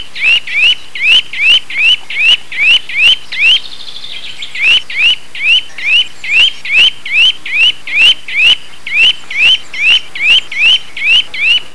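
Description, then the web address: Bird giving quick upslurred chirps in a fast, even series, with a short pause after about three and a half seconds before the rhythm resumes. "特酷声音素材库 动物 鸟 Bird"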